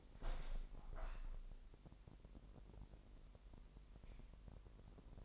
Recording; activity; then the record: daily activity, microphone in the room; open window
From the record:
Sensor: 5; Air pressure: 1000.4 hPa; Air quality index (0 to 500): 248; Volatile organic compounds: 35 ppm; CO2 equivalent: 3059 ppm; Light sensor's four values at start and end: 34/78/31/29 and 34/78/31/29